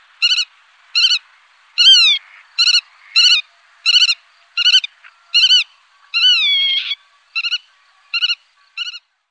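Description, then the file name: Black-tailed godwit calling: a quick series of short nasal notes, broken by two longer, arching calls, the second one harsher and slurred, past the middle. "Rodspov"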